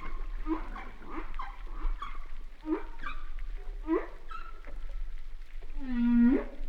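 Humpback whale song: a run of short rising harmonic whoops about every one to two seconds, ending in a longer, strong, steady moan with rich overtones.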